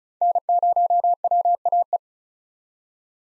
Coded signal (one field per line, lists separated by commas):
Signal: Morse code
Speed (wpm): 36 wpm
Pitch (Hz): 700 Hz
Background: none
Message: N0WAE